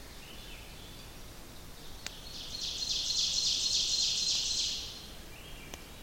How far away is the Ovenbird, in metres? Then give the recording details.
about 40 m. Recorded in boreal forest in Alberta, Canada, on 28 May 2016 at 07:12. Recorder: SongMeter 3, array SBT-3-49. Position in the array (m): 68 m, 250 m. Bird 14